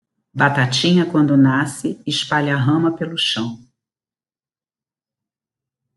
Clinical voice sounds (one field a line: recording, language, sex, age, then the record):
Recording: short text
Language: Brazilian Portuguese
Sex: female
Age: 50 to 59 years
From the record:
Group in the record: control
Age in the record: 56 years